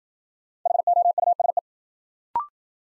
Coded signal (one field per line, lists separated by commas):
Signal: Morse code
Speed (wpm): 53 wpm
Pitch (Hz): 700 Hz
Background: none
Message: HOUSE